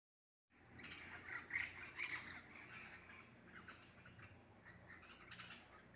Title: El Canto de los pericos en la mata de Mango